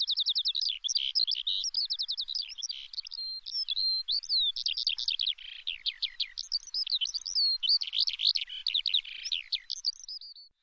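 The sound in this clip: Bird song: a rapid, almost continuous jumble of high chirps, trills and short whistled slurs.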